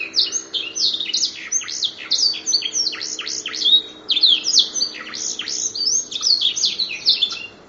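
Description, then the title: Canary singing nonstop, a lively stream of sharp, high chirps and falling slurred notes in fast clusters, with a soft steady hum beneath. "kenari"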